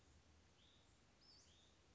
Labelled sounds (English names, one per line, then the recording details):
Western Flycatcher
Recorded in Sonoma County, California